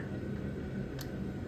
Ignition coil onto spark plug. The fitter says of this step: Just like so. You'll kind of feel it click and give it a couple pulls back to make sure it's actually on there.